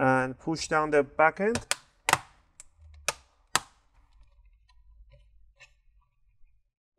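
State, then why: Seated. Someone talks while the back end of the plastic bottom cover on an Asus Vivobook X543B laptop is pushed down so its remaining clips snap into the chassis. Sharp clicks ring out at about 2.1, 2.1, 2.6, 3.1 and 3.6 seconds, followed by quiet handling noise. The cover's back clips are seated.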